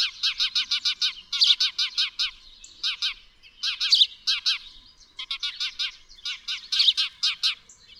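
Bird song: bursts of rapid, high, buzzy chirped notes in quick trills, repeated in short phrases separated by brief pauses.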